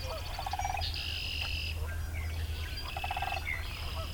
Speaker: During the dawn performance of early birds, it takes a trained spotter to detect the call of the sandhill crane, an enchanting staccato that pierces through the background clatter.